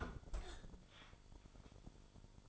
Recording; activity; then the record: daily activity, microphone in the room; close fridge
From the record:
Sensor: 5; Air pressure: 1007.9 hPa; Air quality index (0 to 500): 93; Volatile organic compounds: 1 ppm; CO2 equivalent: 728 ppm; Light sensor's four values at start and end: 40/91/38/39 and 39/90/37/38